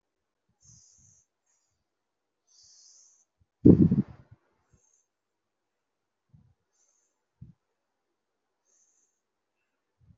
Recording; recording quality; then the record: deep breathing; excellent, no background noise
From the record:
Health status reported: COVID-19 positive, moderate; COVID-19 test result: positive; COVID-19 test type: RT-PCR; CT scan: taken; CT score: 1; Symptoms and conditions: fever, fatigue, loss of smell and taste, another condition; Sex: female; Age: 30 years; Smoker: no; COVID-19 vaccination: both doses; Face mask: worn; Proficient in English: yes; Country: India